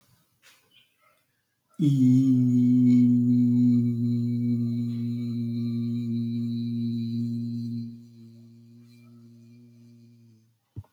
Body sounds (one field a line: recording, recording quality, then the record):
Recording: sustained vowel as in beet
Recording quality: excellent, no background noise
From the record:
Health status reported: healthy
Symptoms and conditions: cold, hypertension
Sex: male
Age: 50 years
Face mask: not worn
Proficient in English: yes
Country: India